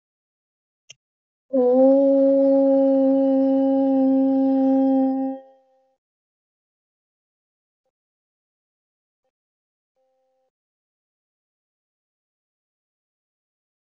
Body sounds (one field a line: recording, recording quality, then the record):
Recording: sustained vowel as in boot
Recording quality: excellent, no background noise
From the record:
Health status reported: healthy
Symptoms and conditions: none ticked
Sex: female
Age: 21 years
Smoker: not ticked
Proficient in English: yes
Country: India